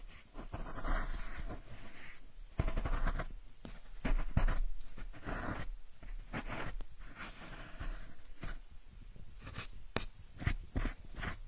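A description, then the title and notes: Chalk or pen strokes scrape across a drawing surface in irregular bursts, some drawn out over a second or more, others short taps and dabs. Sharp clicks and knocks punctuate the strokes, especially around the fourth and tenth seconds, with brief pauses between. Drawing planets on the blackboard, paper and pen drawing board.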